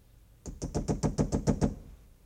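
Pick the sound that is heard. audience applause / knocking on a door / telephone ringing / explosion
knocking on a door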